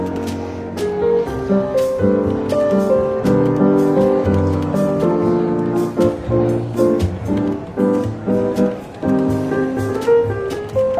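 Soft, relaxed jazz plays steadily in a London bookshop café, its warm low and middle notes holding through the whole clip. Sharp clinks and clatters cut in every second or so, over a light murmur of voices that stays level throughout.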